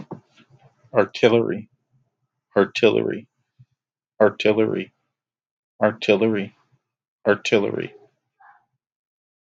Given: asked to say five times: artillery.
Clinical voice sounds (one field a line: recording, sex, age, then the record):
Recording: repeated word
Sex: male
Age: 30 to 39 years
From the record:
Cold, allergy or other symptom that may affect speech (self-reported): no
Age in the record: 38 years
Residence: Pennsylvania, United States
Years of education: 16